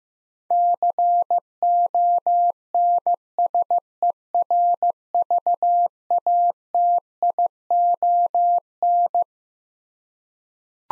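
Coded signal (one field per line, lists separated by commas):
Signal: Morse code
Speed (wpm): 15 wpm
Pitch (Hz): 700 Hz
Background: none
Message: CONSERVATION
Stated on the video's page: Morse head-copy drill of twelve-letter words at 15 wpm, each word sent, spoken, then sent again.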